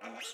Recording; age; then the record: pig call; piglet (1 to 25 days)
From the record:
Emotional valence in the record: negative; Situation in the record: restrain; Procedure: in the arms of a person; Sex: female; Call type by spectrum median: high-frequency call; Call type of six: mixed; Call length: 0.34 s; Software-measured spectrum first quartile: 1015 Hz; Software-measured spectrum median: 2483 Hz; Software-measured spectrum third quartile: 4365 Hz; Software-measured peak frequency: 728 Hz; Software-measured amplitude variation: 96 dB a second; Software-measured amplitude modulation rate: 22.1 a second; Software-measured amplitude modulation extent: 4.3 dB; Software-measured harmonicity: 0.6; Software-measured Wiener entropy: -1.68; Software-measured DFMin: 618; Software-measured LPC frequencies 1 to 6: 665, 1409, 2282, 2815, 3772, 5548 Hz